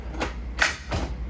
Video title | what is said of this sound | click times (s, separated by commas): Walk-through on 2026 Sierra 41DUPLEX @recreationusa | prop up, it locks into place. | 0.6 s